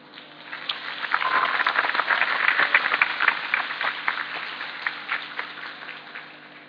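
A crowd of more than 1,000 people at a seminar in Indonesia bursts into applause, a dense wash of many hands clapping that swells, holds steady for several seconds, then gradually thins and fades out, with no one speaking over it.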